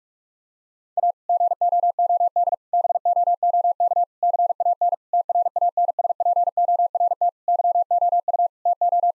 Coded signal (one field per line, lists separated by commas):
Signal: Morse code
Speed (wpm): 46 wpm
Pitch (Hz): 700 Hz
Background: none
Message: A GOOD BOOK CAN TRANSPORT YOU TO